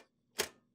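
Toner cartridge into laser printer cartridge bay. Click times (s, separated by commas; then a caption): 0.4 s. A toner cartridge is slid straight down into the cartridge access area of an HP LaserJet Pro MFP M125-128 series laser printer and pressed down. A single sharp click sounds at 0.4 s as the cartridge seats in place.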